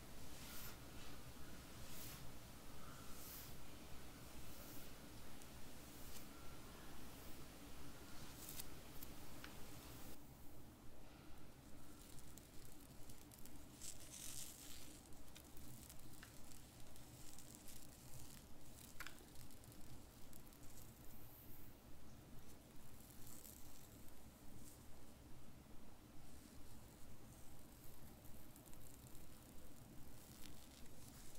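Hair brushing with soft whispering, a steady run of rapid, regular strokes that rasp and swish without pause. Sharp bright crackles and ticks break through often in the first ten seconds, then thin out as the brushing turns slightly softer and duller.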